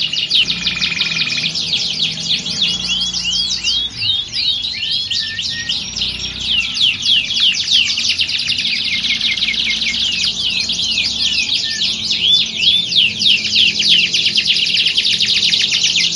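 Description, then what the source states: Canary giving a long, continuous song of rapid trills, rolls and chirps, changing tempo between phrases without pause. Belgian canary warm-up song used to prepare canaries for singing contests, a contest simulation meant to train the mental readiness of champion contest canaries.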